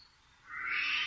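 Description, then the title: Eurasian jay with a single rasping screech that starts midway and swells in loudness toward the end. "朝の小鳥. カケスの雲溜め"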